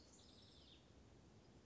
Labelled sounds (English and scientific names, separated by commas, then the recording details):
Hutton's Vireo (Vireo huttoni)
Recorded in Sonoma County, California